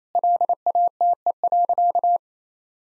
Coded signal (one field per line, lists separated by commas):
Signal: Morse code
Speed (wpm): 28 wpm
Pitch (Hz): 700 Hz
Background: none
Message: LATE.